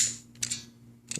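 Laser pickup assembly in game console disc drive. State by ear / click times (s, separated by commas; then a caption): seated / 0.4 s. The spring-loaded laser assembly inside a PlayStation 3 Slim's disc drive is pulled out where the spring sits and pushed back, clicking into position at 0.4 s with a sharp snap. More small clicks and rattles follow around 1.1–1.2 s. The laser is now seated and pointed up.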